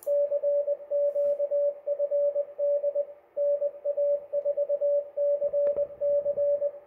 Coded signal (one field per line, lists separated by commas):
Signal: Morse code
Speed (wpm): 20 wpm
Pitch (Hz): 580 Hz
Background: radio noise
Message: CQ FD NA4CC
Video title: 2019 CCARS CW Field Day Operation